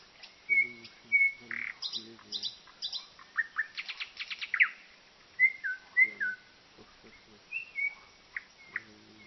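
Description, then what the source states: Common nightingale song with long flat whistles, a burst of fast rattling notes, then slurred rising and falling whistles separated by brief pauses. Sung at night.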